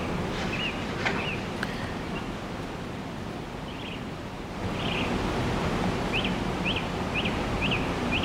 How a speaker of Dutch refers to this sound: Het lijkt alsof je zo langzaamaan de vogelzang wat hoort opstarten. Net wat vaker koolmezen, merels en hier dus een zanglijster bezig met zijn stemoefeningen.